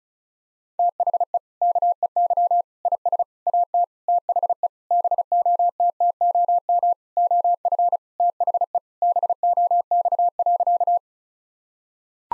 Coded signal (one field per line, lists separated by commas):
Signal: Morse code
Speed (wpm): 36 wpm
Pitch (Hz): 700 Hz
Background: none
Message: THE KEY IS AT THE BOTTOM OF THE BOX.